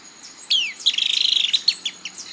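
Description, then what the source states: Golden-headed Manakin display song: a rapid train of staccato high notes, framed by sharp chirps and thin descending whistles. Male breeding display: swoops down from a higher branch toward the female, singing staccato notes that increase in tempo.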